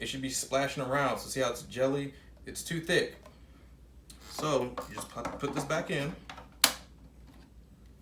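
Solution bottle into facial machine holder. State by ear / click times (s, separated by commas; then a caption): seated / 6.6 s. Someone talks while a serum/solution bottle, whose contents are too thick and jelly-like, is pushed back into its socket on an H2O2 hydrafacial machine. A sharp, loud click rings out at 6.6 seconds, and the bottle is seated.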